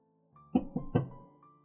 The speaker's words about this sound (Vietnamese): Bên ngoài lại có tiếng gõ cửa.